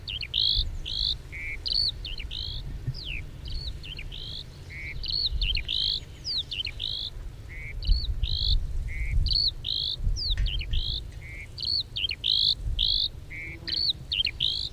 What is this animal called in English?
Eurasian Skylark